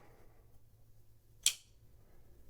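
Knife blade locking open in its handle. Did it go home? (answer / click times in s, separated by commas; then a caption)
yes / 1.5 s. The blade of a WE Synergy folding pocket knife is opened and snaps into its locked position in the handle, giving a short, bright snap at 1.5 s over a quiet low hum. It is a nice little snap, and the blade is locked open.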